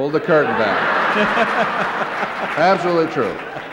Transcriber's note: soundbite of laughter